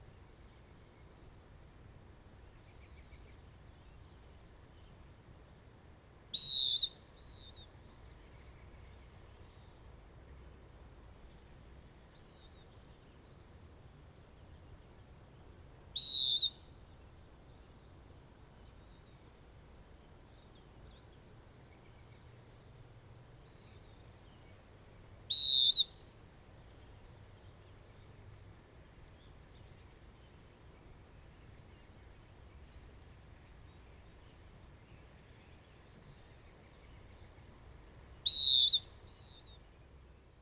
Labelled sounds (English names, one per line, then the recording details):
Western Wood-Pewee song
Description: Western Wood-pewee song recorded from two birds at Hollowell Park in Rocky Mountain National Park
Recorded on 6 June 2017